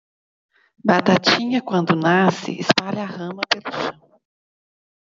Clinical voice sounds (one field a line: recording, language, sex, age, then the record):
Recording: short text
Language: Brazilian Portuguese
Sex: female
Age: 50 to 59 years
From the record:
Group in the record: control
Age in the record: 56 years